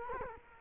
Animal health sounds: mosquito wingbeat signal from an infrared sensor; Culex quinquefasciatus

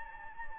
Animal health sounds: mosquito wingbeat signal from an infrared sensor; Anopheles gambiae

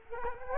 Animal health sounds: mosquito wingbeat signal from an infrared sensor; Culex quinquefasciatus

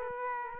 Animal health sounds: mosquito wingbeat signal from an infrared sensor; Aedes aegypti

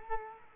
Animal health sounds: mosquito wingbeat signal from an infrared sensor; Culex quinquefasciatus

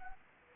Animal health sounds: mosquito wingbeat signal from an infrared sensor; Anopheles arabiensis

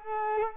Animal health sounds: mosquito wingbeat signal from an infrared sensor; Culex quinquefasciatus

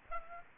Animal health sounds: mosquito wingbeat signal from an infrared sensor; Aedes aegypti

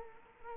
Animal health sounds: mosquito wingbeat signal from an infrared sensor; Culex quinquefasciatus

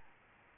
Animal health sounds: mosquito wingbeat signal from an infrared sensor; Aedes albopictus

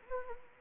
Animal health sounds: mosquito wingbeat signal from an infrared sensor; Anopheles arabiensis

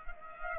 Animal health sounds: mosquito wingbeat signal from an infrared sensor; Culex pipiens

